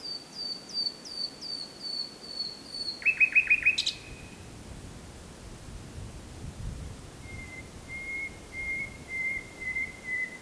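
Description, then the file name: Common nightingale song with a string of high downslurred notes, a short burst of rapid clicks, then a long level whistled series of soft repeated notes. "Luscinia megarhynchos"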